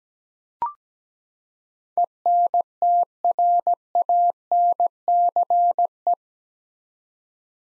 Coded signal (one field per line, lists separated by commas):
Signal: Morse code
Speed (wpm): 17 wpm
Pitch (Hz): 700 Hz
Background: none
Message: ENTRANCE